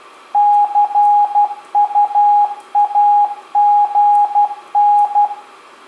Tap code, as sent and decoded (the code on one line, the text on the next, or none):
none